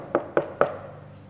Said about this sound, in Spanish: Dice la Biblia que era tarde de la noche cuando alguien golpea la puerta.